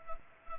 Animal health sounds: mosquito wingbeat signal from an infrared sensor; Culex pipiens

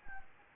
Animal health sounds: mosquito wingbeat signal from an infrared sensor; Anopheles gambiae

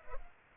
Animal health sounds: mosquito wingbeat signal from an infrared sensor; Culex pipiens

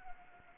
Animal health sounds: mosquito wingbeat signal from an infrared sensor; Anopheles arabiensis

